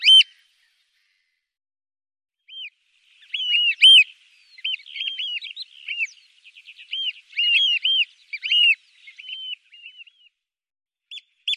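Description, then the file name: Eurasian oystercatcher giving loud, shrill, arched piping notes, a few singly at first, then a busy run of rapid piping, with a few final notes at the end. "scholekster"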